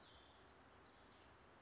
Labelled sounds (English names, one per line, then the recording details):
Cassin's Vireo
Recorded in Sonoma County, California